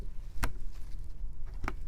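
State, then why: Seated. A DDR3 RDIMM server memory module (32 GB), in a Dell PowerEdge M915 blade server, that was not fully seated is pressed down into its DIMM slot. Over a low steady background hum, two sharp clicks come at 0.4 s and 1.7 s as the two retaining tabs snap closed, and the module is fully seated.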